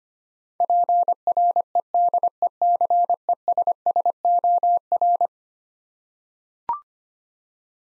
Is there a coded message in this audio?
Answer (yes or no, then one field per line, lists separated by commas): yes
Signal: Morse code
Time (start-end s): 0.6-5.3 s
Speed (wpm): 25 wpm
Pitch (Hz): 700 Hz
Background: none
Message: PREDECESSOR